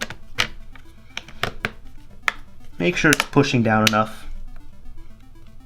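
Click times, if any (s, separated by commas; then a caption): 0.0 s, 0.4 s, 1.2 s, 1.4 s, 1.7 s, 2.3 s. The plastic back plate of a handheld game console is pressed back onto its housing, starting from the top, and its plastic clips snap into place one after another with sharp clicks at about 0.0, 0.4, 1.2, 1.4, 1.7 and 2.3 seconds. Someone talks briefly afterward. The back plate is seated.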